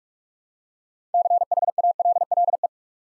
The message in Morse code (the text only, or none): CHALLE